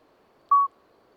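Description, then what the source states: Common midwife toad producing a single clean, whistle-like note against a quiet background. Two common midwife toads singing a discreet single-note song all night until dawn, Lesches-en-Diois, 13 May 2020, after two days of rain, wet vegetation; recorded with Nagra Seven and MKH40.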